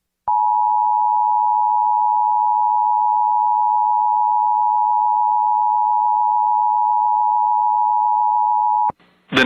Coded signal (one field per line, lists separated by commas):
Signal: Emergency Alert System (SAME) tones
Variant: 853 and 960 Hz attention tone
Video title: TIME TO GET BACK TO WORK | EAS Alerts from 2/17/2022 (EAS #955-979)